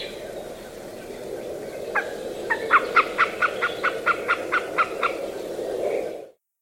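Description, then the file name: Eurasian jay calling in a rapid, clipped series of many hard notes against a broad background rush. "Garrulus glandarius"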